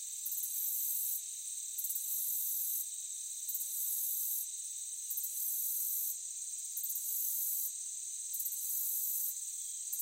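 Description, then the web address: Cricket chorus, a continuous high shrill hiss with repeated louder trilled bursts. Meadow ambience with crickets. "Blastwave AMBIENCE Meadow Crickets"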